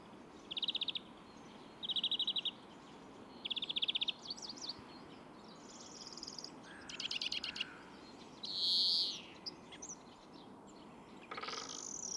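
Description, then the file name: European greenfinch calls: a few quick trilled bursts, then a drawn-out nasal wheeze, with other high chirps and faint background hiss. "Chloris chloris"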